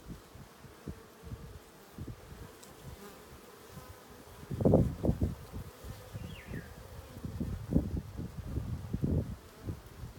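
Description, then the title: Bee buzzing in low, irregular bursts that swell and fade several times, with a brief faint high sweep. "abeille"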